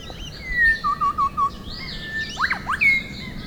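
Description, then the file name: Rufous shrikethrush whistled calls: a long falling whistle, a quick series of four short even notes, then sharp upslurred notes and a final falling whistle, over faint background hiss. "Colluricincla Rufogaster"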